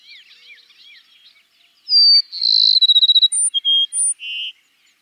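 Cassin's sparrow song: after soft background twittering, a high slurred whistle leads into a fast trill, then clear whistled notes and a final lower buzzy note.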